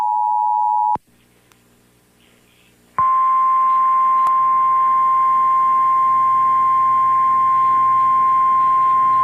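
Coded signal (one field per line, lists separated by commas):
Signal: Emergency Alert System (SAME) tones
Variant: 853 and 960 Hz attention tone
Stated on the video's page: Tornado warning alert on an FM station whose transmitter was constantly rebooting.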